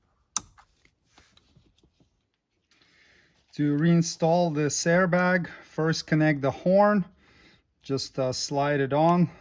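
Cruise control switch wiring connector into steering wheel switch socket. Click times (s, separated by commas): 0.4 s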